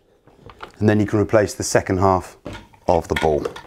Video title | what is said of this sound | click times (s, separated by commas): How to Replace Dyson Ball Cylinder Cleaner Filters | push it into the housing until you hear the satisfying click, | 0.5 s, 0.6 s